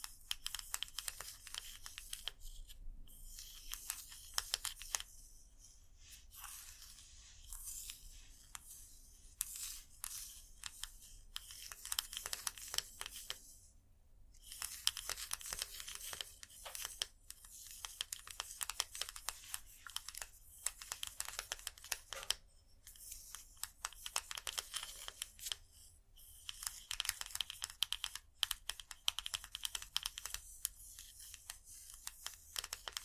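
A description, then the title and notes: Scratchy tapping comes in dense, rapid bursts of bright, dry clicks and scrapes, much like fast typing or fingernails on a hard surface. The bursts run several seconds each, broken by short silent pauses near 3, 6, 14 and 22 seconds, over a faint low hum. Irresistible Scratchy-tapping. No Talking.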